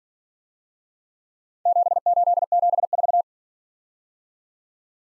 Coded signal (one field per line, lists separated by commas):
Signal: Morse code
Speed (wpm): 45 wpm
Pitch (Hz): 700 Hz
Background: none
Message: 7874